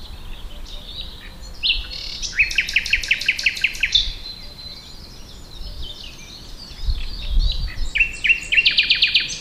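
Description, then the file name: Common nightingale song, loud rapid trills of repeated clicking notes in several phrases with brief pauses between them, over a constant low rumble. "Luscinia megarhynchos"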